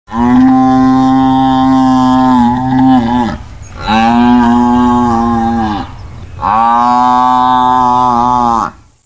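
Buffalo bellowing: three long, loud, deep droning bellows separated by brief pauses.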